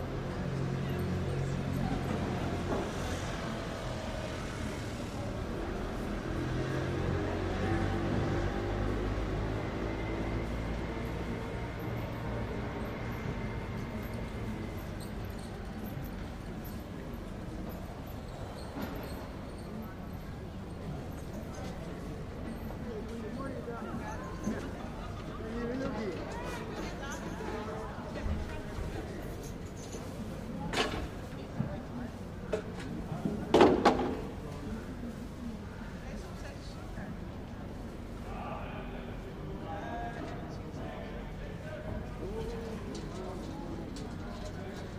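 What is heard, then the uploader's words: A busy fruit market murmurs with steady overlapping voices and crowd chatter, sharp clatters and knocks standing out around half a minute in. The Sunday Fruit Market. We walk along and listen to the sounds of an active Fruit Market.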